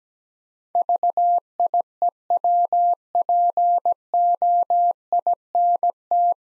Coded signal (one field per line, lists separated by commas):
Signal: Morse code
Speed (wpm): 17 wpm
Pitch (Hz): 700 Hz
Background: none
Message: VIEWPOINT